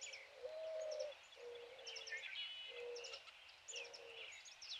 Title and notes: dawn, just before a summer sunrise at Sauvie Island Wildlife Area. blue quail, ring neck doves